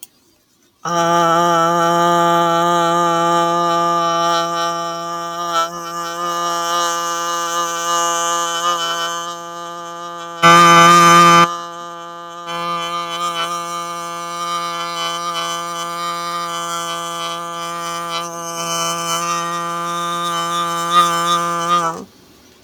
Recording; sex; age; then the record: vowel held as long as possible; female; 40 to 49 years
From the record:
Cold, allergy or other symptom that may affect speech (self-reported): no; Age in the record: 48 years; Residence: New Jersey, United States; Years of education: 16